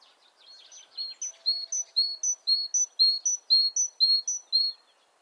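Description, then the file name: Great tit, a brief scratchy twitter and then a long run of ringing two-note phrases, the higher note short and the lower one drawn out. "Parus major"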